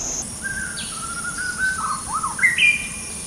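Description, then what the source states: White-rumped shama giving a varied string of whistled notes, level tones then dipping and rising slurs, with insect buzz high in the background. Recorded at Danum on 8 August 2009.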